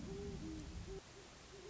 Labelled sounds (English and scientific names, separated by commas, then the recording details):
Great Horned Owl (Bubo virginianus)
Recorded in Sonoma County, California